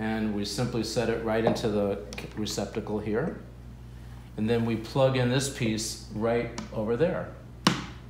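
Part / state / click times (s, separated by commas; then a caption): bubbler connector piece into the unit's port / seated / 7.7 s. Someone talks while plugging a piece of the bubbler (humidifier bottle) assembly into its port on a TherAir oxygen therapy unit. A single sharp snap is heard at 7.7 seconds as the connector piece seats in place.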